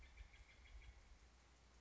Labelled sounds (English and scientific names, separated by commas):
Steller's Jay (Cyanocitta stelleri)